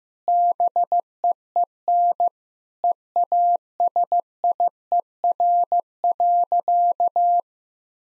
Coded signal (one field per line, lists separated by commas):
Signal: Morse code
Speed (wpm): 15 wpm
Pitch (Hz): 700 Hz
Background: none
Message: BEEN EASIER.